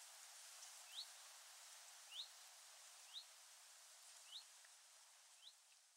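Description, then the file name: Eurasian wren giving single short rising notes, repeated roughly once a second, against a loud steady hiss. "Troglodytes troglodytes"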